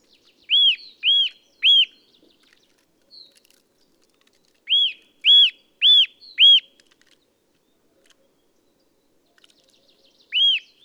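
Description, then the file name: Eurasian nuthatch calling in clear piping bursts: three notes, a gap, four notes, then a single note near the end. "Sitta europaea"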